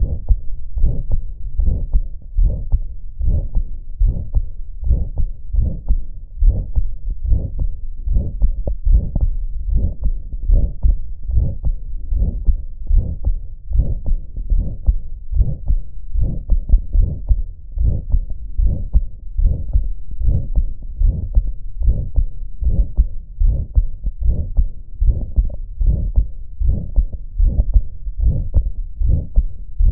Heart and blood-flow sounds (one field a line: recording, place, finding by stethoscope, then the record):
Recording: heart sounds by stethoscope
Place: aortic valve (AV)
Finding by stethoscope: aortic regurgitation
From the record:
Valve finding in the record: aortic regurgitation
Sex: female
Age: 42 years